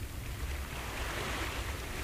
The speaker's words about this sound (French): Les vagues se pressaient, s'écartaient pour frôler les flancs du vaisseau. Elles se refermaient derrière nous dans une rumeur si continue, si cadencée, que leur présence devenait semblable au silence que l'homme tient pour du silence